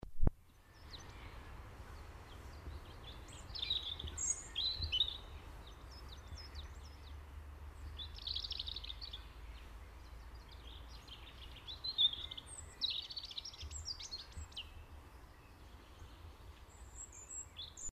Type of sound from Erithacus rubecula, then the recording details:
song. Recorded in the wild. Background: Periparus ater. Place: Kaiserslautern, Rheinland-Pfalz, DE. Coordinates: 49.4283, 7.77889. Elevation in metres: 279. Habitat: garden. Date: 1977-03-06. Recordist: Tretzel, Erwin. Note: Garten, gegen Straße, Kaiserslautern: Gesang